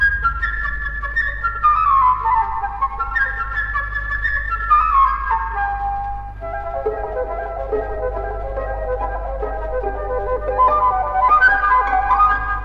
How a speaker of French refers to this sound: Voici. Le merle, l'oiseau léger, c'est la flûte. Écoutez.